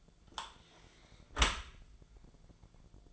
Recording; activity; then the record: daily activity, microphone in the room; close dishwasher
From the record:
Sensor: 5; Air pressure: 1000.6 hPa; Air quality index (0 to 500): 159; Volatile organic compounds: 2 ppm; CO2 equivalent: 1215 ppm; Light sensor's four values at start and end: 45/103/44/48 and 45/103/44/48